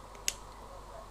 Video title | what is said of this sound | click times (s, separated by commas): Dyson Turbine Head Not Working Fixed ( Part 2 of 2 ) | and you heard that click in there so then it's just a matter of um | 0.3 s